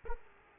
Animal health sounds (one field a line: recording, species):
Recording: mosquito wingbeat signal from an infrared sensor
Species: Aedes aegypti